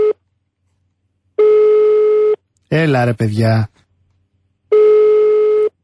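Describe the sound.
A phone line rings out with steady, buzzy ringback tones, each about a second long with long pauses between. Nobody answers, and a man briefly speaks in frustration between two rings.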